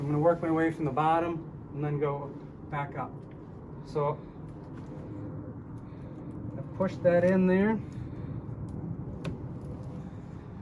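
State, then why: Seated. Someone talks while pushing on the small retainer of a side-slider window screen frame, working from the bottom and then back up, to seat it into the sliding window channel. A short, sharp click at 9.3 s marks the retainer snapping into place in the track, and the screen is seated.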